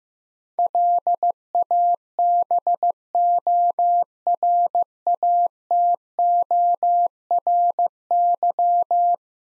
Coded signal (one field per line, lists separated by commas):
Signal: Morse code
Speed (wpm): 15 wpm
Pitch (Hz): 700 Hz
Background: none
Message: LABORATORY